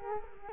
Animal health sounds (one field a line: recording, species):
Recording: mosquito wingbeat signal from an infrared sensor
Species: Culex quinquefasciatus